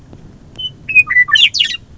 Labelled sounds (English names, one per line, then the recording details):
Western Meadowlark
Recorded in Sonoma County, California